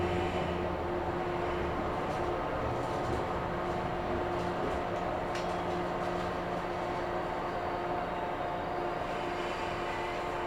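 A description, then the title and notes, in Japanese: A train rolls steadily along the Kagoshima and Chikuho lines, a constant low rumble with a steady tone and brief clicks near five seconds. 鹿児島本線・筑豊本線 九州工大前→折尾→本城。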